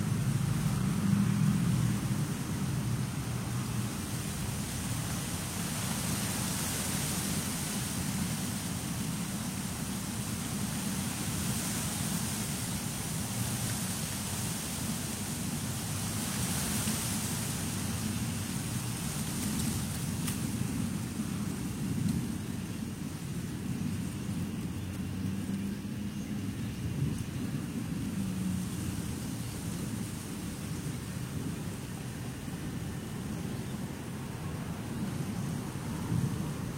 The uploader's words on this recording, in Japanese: とある風のある落ち葉の中。風に吹かれる木々たち。風防がなかったから落ち葉の中にマイクを埋めてみましたがどうでしょう。